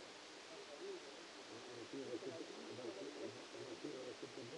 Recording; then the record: brain microelectrode recording played as sound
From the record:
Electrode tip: outside the subthalamic nucleus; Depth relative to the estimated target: 7 mm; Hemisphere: left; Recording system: NeuroSet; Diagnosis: Parkinson's disease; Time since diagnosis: 8 years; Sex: male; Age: 65 years